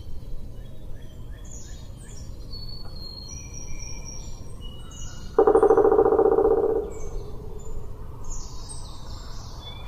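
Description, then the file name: Woodpecker drum roll, a single fast burst of taps about a second and a half long, set against faint chirping birds and constant low background noise. In Flat Rock on June 6. "Woodpecker in Flat Rock Jun 06"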